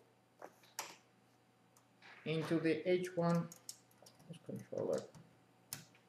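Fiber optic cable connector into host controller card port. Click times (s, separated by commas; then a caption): 5.7 s. One end of a PCIe fiber optic expansion cable for an Adnaco-S1 PCI/PCIe expansion system, with its black protective cap removed, is pushed into the port on the H1 host controller card while someone talks. A few faint taps come first, then a sharp click at 5.7 s as the connector seats in the port.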